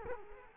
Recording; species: mosquito wingbeat signal from an infrared sensor; Culex quinquefasciatus